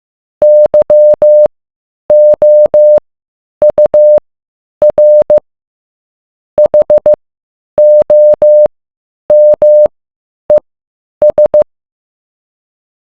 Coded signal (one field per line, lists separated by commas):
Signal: Morse code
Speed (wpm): 15 wpm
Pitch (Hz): 600 Hz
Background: none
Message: YOUR HOMES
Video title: Morse code